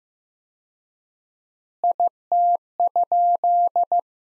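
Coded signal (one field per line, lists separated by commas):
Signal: Morse code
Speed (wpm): 15 wpm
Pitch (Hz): 700 Hz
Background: none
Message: IT?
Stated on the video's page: Morse practice at 15 wpm: sentences from the top 300 words with 4x standard word spacing, a word-level analogue of Farnsworth spacing.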